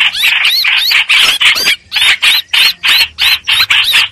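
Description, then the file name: Streak-eared bulbul distress calls, scratchy notes each with a short arching whistle, repeated roughly three times a second with brief gaps. Distress call used to call the flock together. "Tieng chim trao trao keu cuu goi bay"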